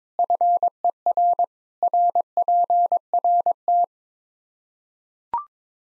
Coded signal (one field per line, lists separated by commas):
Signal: Morse code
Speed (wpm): 21 wpm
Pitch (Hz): 700 Hz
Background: none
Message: FER RPRT